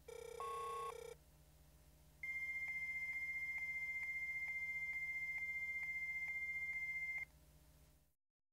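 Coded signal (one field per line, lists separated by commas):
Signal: fax machine handshake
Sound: short burst of dialing tones, then a steady high tone with faint clicks about twice a second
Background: line hiss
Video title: Fax Machine Modem Connection Noise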